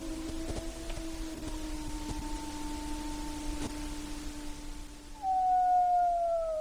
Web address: alaska acoustic highlights highlights audio MAMMALS. Pair